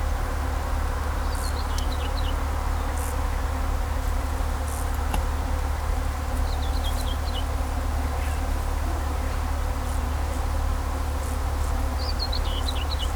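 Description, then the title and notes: Bees buzzing as a steady hum beneath a constant low drone, with short high bird phrases of descending notes cutting in now and then. Bees buzzing in vineyards at Kallstadt, Germany, rural setting, with birds singing and road traffic noise in the background. "In den Reben, Kallstadt, Deutschland - In Kallstadt summen die Bienen. Natur, Weinreben, Bienen summen, Vögel singen, Fahrgeräusche von Straße, Land"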